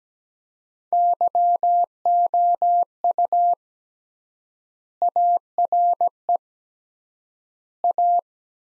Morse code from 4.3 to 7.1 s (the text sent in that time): ARE